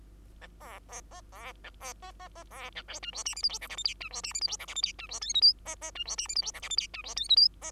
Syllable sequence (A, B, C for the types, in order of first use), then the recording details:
A B C C B A B C C C B A D E F G H I J K L M N E F G H I J K L M N E F O P Q C C E F G H I J K L M N E F O P Q C. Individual Bird2